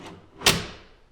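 A wooden drawer slides in on undermount drawer slides until the locking device at the front catches the slide. There's a sharp click at 0.5 s as it seats, followed by a short fading ring. The drawer is now hooked to the slide.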